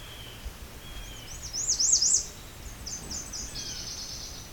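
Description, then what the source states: Nashville Warbler song: a series of high, thin, looping notes, then a quicker, slightly lower run of notes near the end. Heard in a very quiet natural area of Bruce Peninsula National Park, near Johnson Harbor and Pine Tree Point, around the 2021 summer solstice.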